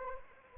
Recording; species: mosquito wingbeat signal from an infrared sensor; Anopheles arabiensis